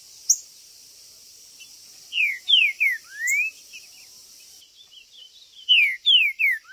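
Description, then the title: Green-winged saltator song: two whistled phrases of three downward-sliding notes, the first closing with a longer upward slur, over a faint high background hiss. Chirping, singing and macheando, male territorial calling in a singing contest (disputa). "TRINCA Piando, Cantando E Macheando Na DISPUTA. TRINCA FERRO"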